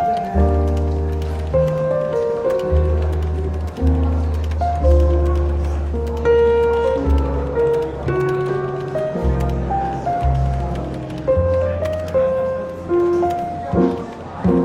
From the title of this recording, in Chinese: 伦敦书店咖啡馆轻微喧闹氛围与柔和轻松的爵士背景音乐